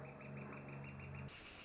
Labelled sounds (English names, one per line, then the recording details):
Northern Flicker
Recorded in Sonoma County, California